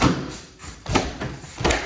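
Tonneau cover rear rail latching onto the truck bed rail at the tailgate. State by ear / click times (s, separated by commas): seated / 1.0 s, 1.7 s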